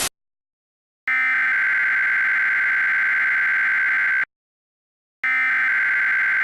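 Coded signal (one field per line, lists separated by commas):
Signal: Emergency Alert System (SAME) tones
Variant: header bursts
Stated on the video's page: Fictional EAS scenario that uses valid, operational tones.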